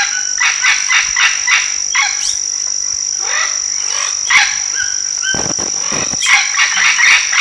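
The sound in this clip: Bird calls: harsh chattering notes in uneven bursts over a constant shrill hum.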